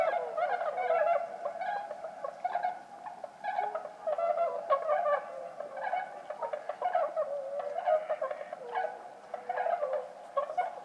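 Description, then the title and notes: Bewick's swans in a continuous chorus of mellow, yelping honks, many birds overlapping without pause throughout. Flock of about forty at a night roost, sentinels calling at any disturbance, after 2 a.m., Lac du Der, Champagne, France, 6 January 2019, fog and drizzle; MKH20 pair, Nagra Seven. "Lac du DER. Cygnes de Bewick (Cygnus bewicki)"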